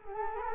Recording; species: mosquito wingbeat signal from an infrared sensor; Culex quinquefasciatus